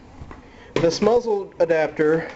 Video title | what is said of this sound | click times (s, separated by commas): Range Review - D.D.T. Mosin Nagant Muzzle Adapter | any reason you can see how it clicks in there on the same effect | 0.3 s